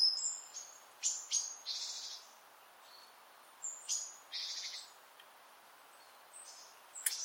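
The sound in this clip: Great tit calls: thin high whistled notes mixed with short buzzy, scratchy bursts, given in loose clusters with pauses between, over a quiet background.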